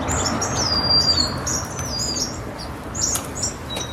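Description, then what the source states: Sparrows in a chattering flock: rapid high chips and short slurred whistles, one longer downward-sliding whistle early on, then a thin steady note at the end. White-crowned and golden-crowned sparrows chirping and singing together at a large communal winter roost in California.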